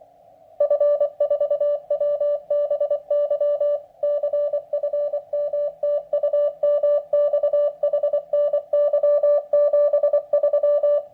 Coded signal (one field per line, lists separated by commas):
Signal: Morse code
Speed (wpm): 24 wpm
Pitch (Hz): 580 Hz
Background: none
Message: F4WBY CFM TU MX HNY 73